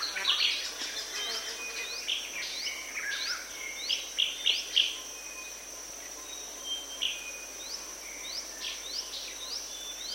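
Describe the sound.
Joyful greenbul calls, a lively chatter of sharp, hooked notes and short bursts, strongest in the first five seconds, over a steady high insect whine.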